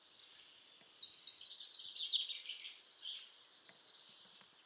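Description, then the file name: Eurasian wren song: one explosive four-second phrase of very high, rapid trills and chattering notes, with a quick buzzing rattle midway before a final run of sharp chirps. "Troglodytes troglodytes"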